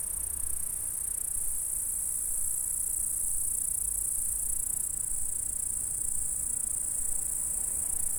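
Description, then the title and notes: Insects: high, even buzzing stridulation of insects runs without a break, with a dull low rumble underneath. "M3XG+CF Saint-François-de-Sales, France - insectes. Stridulations dans la prairie. Enregistreur ZoomH4 en 96khz 24bits"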